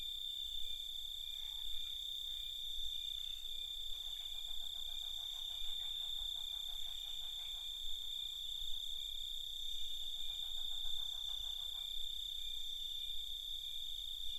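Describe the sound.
Cicada gives a constant high drone, joined by bursts of fast pulsing trills lasting several seconds, over low rumble.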